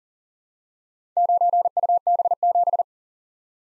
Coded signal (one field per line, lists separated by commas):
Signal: Morse code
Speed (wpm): 39 wpm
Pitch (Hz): 700 Hz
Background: none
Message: 9UB7